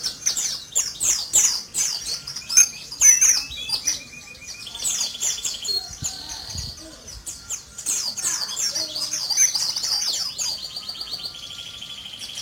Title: Pleci Mr. Kebo Malang - Jawa Timur